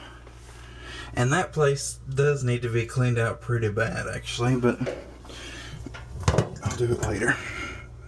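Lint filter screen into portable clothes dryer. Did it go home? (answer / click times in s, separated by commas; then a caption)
no / none. Someone talks while handling the plastic lint filter screen of a Whirlpool LDR3822PQ1 120V compact portable clothes tumble dryer, moving it back toward its slot. A brief sharp knock of handling noise sounds at about 6.3 s, but the filter has not snapped into place yet and nothing has seated.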